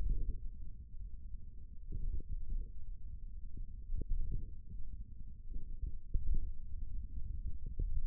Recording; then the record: forearm muscle sounds (acoustic myography)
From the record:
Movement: thumb flexion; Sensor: system 1, eight BSWA MPA416 microphones around the upper forearm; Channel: 3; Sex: male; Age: 28 years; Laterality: right